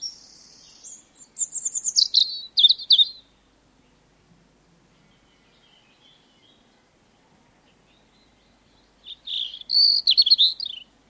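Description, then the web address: European robin song: two bursts of high, thin warbling phrases with sliding whistles and scratchy notes, separated by several seconds of quiet. "Sound Effects-BBC Birds Robins"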